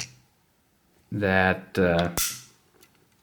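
A thermal clip-on adapter rail is being mounted onto a Noise Fighters RH25 dovetail adapter on a Noise Fighters Pano bridge mount while someone talks. Faint small ticks follow near 2.8 and 3.0 seconds. Nothing has seated or clicked yet; the locking tab has not locked into place by the end of the clip.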